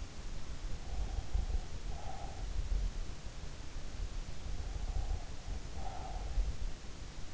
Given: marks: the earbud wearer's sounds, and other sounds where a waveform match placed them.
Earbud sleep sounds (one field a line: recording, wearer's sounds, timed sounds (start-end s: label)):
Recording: sounds in sleep by an in-ear microphone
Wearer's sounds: breath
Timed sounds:
0.73-2.73 s: breath
4.61-6.77 s: breath